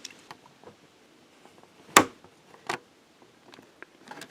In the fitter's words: There, and it clicks right in.